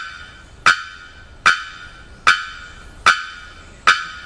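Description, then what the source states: Bearded bellbird calling with rapid hammer-like bonks, five ringing metallic strikes at a regular pace of roughly one per 0.8 seconds against near silence. Rapid bonks; recorded 27 October 2001.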